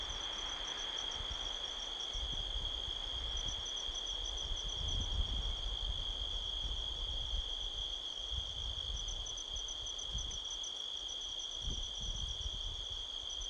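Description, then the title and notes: Cricket chorus keeps up a constant shrill trill over rushing wind and rustling trees, with stronger gusts now and then. Night of 5 October 2023, canyon at Sedona, Arizona, USA; strong wind blowing across the canyon rustling trees, crickets calling all around. "Midnight Soundscape, Sedona, Arizona, USA on 5th October 2023 – by Joe Harvey-Whyte. A strong wind blows across the canyon, rustling trees. The sound of crickets can be heard all around"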